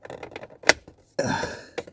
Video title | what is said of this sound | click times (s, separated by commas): Model Y Juniper: V3 Swivel Screen Kit By TesStudio 😮‍💨 Install and Review | We got clicks. I think that's it. | 0.7 s